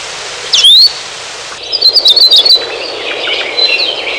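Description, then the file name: Hawaii akepa: a single loud, high slurred note, then a quick run of rapid high notes and a few softer ones, over a steady hiss of background noise. "Akepa"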